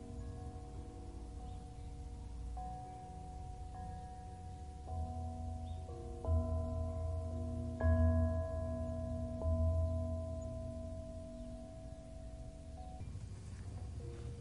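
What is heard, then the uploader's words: Bells strike every second or two and ring out in long, pure overlapping tones over a steady low hiss, swelling louder around eight seconds. Soothing Bells: A Journey of White Noise. Calming bells white noise. Bell sounds.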